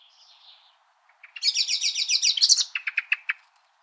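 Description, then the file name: Eurasian blackbird giving a rapid, harsh chattering call: a dense burst of sharp repeated notes, then several spaced clicks trailing off, after a faint soft note at the start. "Turdus merula"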